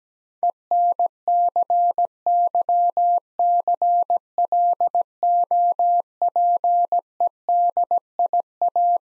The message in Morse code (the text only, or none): ENCYCLOPEDIA